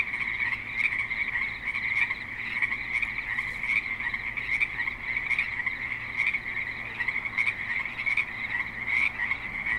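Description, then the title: Frogs calling in a thick chorus, constant high trills with scattered crisp clicks over them. Creek in suburban Spanish Springs, Nevada; frogs calling. "Frogs in Spanish Springs, NV - creek view"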